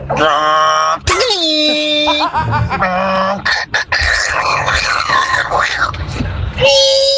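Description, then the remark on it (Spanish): A person vocally imitates an MRI scanner with a continuous run of loud, wailing, warbling tones and buzzy pitched drones that shift abruptly in pitch, with no words spoken. “Te hago el sonido de la resonancia.”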